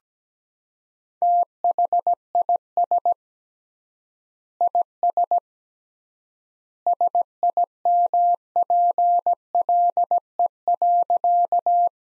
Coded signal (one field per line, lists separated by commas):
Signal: Morse code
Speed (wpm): 17 wpm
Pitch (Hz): 700 Hz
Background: none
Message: THIS IS SIMPLE.